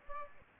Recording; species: mosquito wingbeat signal from an infrared sensor; Aedes aegypti